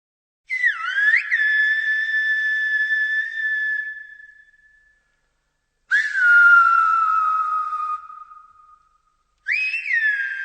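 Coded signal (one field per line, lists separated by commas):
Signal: whistled language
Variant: Silbo Gomero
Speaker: listen to this [Music] [Music] [Music] ah extraordinary isn't it have you any idea what the conversation was about well according to the translation I have here they were discussing a party and one was asking the other to go and get a musical instrument to bring to it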